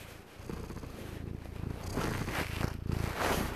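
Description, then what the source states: Domestic cat purring quietly, a low pulsing rumble, with rustling and handling noises growing in the second half. Tomcat Sirius, a black pet cat with white paws, purring quietly at home while his owner holds the recorder right at his mouth.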